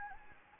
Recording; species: mosquito wingbeat signal from an infrared sensor; Anopheles gambiae